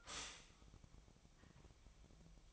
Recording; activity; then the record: daily activity, microphone in the room; stop toaster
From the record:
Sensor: 1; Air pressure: 1002.0 hPa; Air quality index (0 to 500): 240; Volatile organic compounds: 44 ppm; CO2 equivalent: 3215 ppm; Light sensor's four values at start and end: 10/35/12/14 and 10/35/12/14